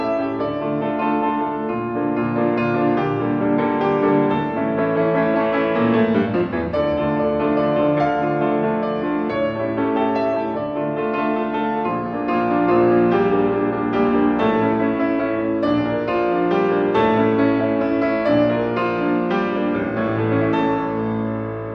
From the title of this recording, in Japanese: 祇園白川巽橋